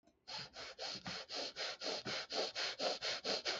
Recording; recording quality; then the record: shallow breathing; excellent, no background noise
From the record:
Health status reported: healthy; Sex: male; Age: 25 years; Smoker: yes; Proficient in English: yes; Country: Canada